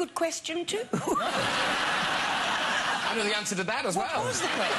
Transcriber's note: laughter